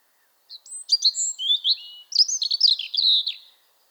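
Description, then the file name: European robin song: a quick tumbling run of high sweet notes and trills, with a brief gap before a second warbled section. "Erithacus rubecula"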